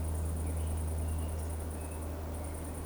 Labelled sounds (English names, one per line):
Eurasian Woodcock whistle